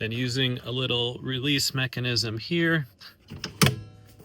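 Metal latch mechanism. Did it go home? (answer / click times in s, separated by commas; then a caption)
released / 3.6 s. Someone talks while operating the small release lever on the metal swivel base of a MobiFrame single swivel van seat. The lever unlocks with a sharp click at 3.6 s, releasing the seat so it can turn all the way around. Music plays underneath.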